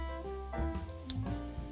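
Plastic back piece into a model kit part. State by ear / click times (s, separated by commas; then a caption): seated / 1.1 s. A plastic back piece is pressed onto a part of an HG Gundam Barbatos Lupus gunpla model kit over jazzy background music. A sharp, short click at 1.1 s marks the piece popping into place, and it is seated.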